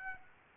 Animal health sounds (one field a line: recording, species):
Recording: mosquito wingbeat signal from an infrared sensor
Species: Aedes aegypti